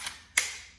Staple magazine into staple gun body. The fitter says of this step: that click okay it's locked in